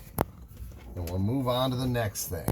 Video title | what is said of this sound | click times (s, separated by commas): Mercedes Benz 300E W124 Rear Interior Rebuild Part 2 | all right let's get this snapped into place here and we'll | 0.2 s